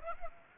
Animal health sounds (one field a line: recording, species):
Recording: mosquito wingbeat signal from an infrared sensor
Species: Aedes aegypti